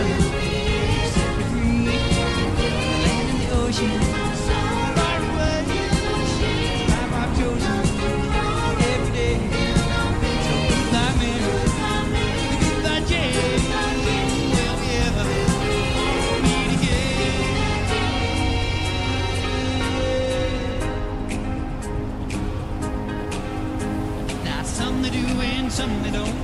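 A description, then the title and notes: A vehicle hums steadily while a crackling radio plays shifting tones, with frequent sharp clicks and an even, unbroken loudness throughout. An 80s Summer Drive.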